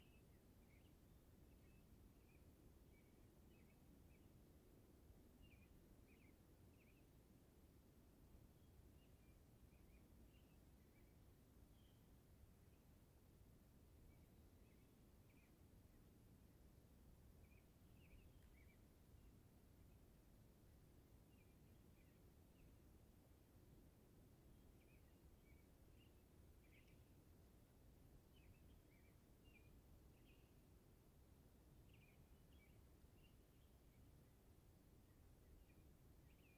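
Short bird chirps and trills recur every second or two across the whole stretch, small bright calls that come singly or in quick clusters. Beneath them runs a steady, dense low rumble that never lets up, keeping the overall level flat throughout.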